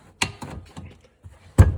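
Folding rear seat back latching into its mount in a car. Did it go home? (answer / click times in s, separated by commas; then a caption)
yes / 0.2 s. A rear seat back from a 2001 or 2002 Honda CR-V, swapped into a Honda Civic EF wagon, is raised or pushed back until its latch engages with a sharp, loud clunk-click at 0.2 s. Softer knocks follow around 0.4 s and 0.8 s, then another heavy thump lands near 1.6 s. The seat back latches into place as it should.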